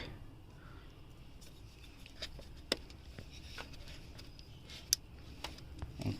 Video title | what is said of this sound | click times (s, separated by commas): oxygen sensor replacement - Easy way to replace oxygen sensor- oxygen sensor sensor 1 replacement | okay you had the click now you have to remember this this goes in the hole | 2.7 s, 4.9 s